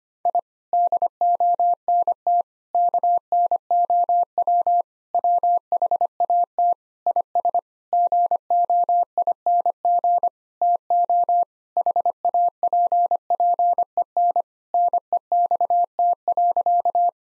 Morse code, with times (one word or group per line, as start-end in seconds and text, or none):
0.3-0.4 I
0.7-2.4 DONT
2.7-4.8 KNOW
5.1-6.7 WHAT
7.1-7.6 IS
7.9-10.3 GOING
10.6-11.4 TO
11.8-14.4 HAPPEN
14.7-17.1 NEXT.